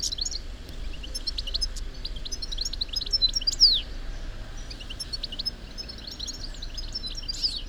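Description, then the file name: European goldfinch calls, a continuous run of bright, tinkling high notes over a low background rumble. "Carduelis carduelis"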